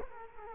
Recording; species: mosquito wingbeat signal from an infrared sensor; Culex quinquefasciatus